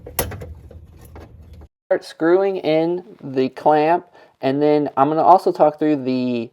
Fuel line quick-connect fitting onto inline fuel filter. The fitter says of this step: And you'll hear a click when you install the fuel line.